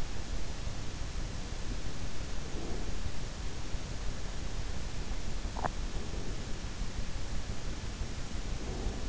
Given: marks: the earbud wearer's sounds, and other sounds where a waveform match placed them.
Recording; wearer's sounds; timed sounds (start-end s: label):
sounds in sleep by an in-ear microphone; breath
2.41-2.96 s: breath
5.48-5.93 s: sound from someone else or the room
8.45-9.09 s: breath